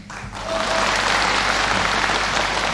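An audience at a crosstalk performance by Li Jindou and Chen Yongquan on the Huanle Da Shijie programme in Shanghai breaks into applause after a brief quiet start, the clapping swelling quickly into a dense, steady, loud wash of many hands that holds evenly to the end.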